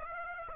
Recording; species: mosquito wingbeat signal from an infrared sensor; Aedes aegypti